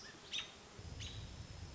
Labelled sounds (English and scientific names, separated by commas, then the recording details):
American Robin (Turdus migratorius)
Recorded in Sonoma County, California